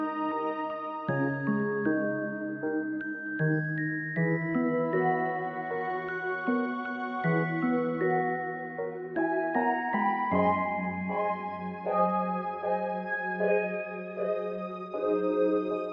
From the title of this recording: OST with rain ambience